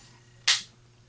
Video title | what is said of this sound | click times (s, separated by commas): Dissassemble & Reassemble Mark III 22/45 Ruger pistol | okay you heard that click | 0.5 s